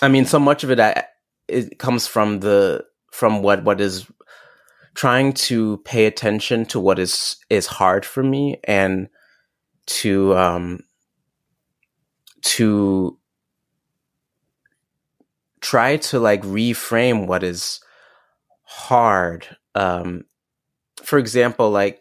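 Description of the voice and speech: Adult male speech with long silent blocks and drawn-out, repeated starts on 'to': stuttering, an inherited genetic trait.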